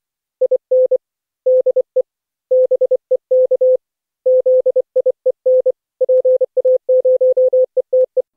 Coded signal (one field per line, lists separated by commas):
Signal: Morse code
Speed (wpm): 24 wpm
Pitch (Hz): 510 Hz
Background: none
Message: IN DE BEK ZIEN PA0ETE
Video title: Daily Minutes, December 22, 2015, without the Contestia